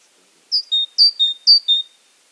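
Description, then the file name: Great tit calls: clean high notes in pairs, a sharp downslurred note then a lower steady note, repeated three times in quick succession. "Parus major"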